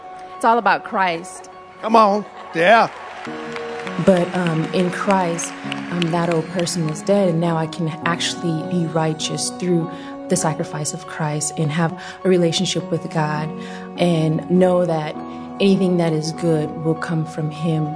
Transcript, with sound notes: It’s all about Christ.
Come on—yeah! (applause)
In Christ, that old person is dead, and now I can actually be righteous through the sacrifice of Christ and have a relationship with God and know that anything that is good will come from Him.